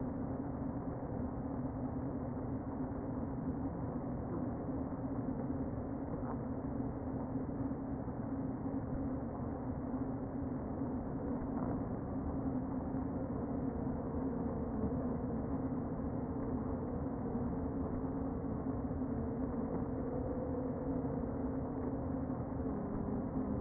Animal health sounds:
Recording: honeybee colony, microphone inside the hive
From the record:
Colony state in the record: queen present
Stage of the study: before two queens were removed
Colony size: about 60,000 bees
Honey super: yes

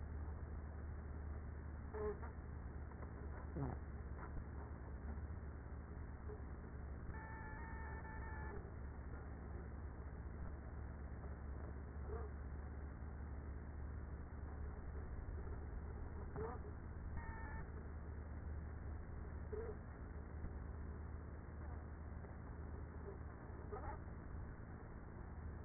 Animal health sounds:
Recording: honeybee colony, microphone inside the hive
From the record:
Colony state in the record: queenless with a low population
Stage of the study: after two queens were removed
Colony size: about 30,000 bees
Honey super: no

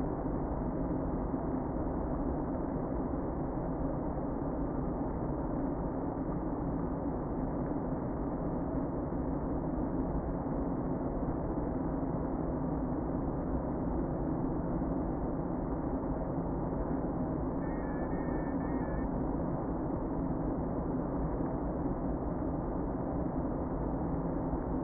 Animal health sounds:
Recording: honeybee colony, microphone inside the hive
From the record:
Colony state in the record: queen present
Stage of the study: before two queens were removed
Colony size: about 60,000 bees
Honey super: yes

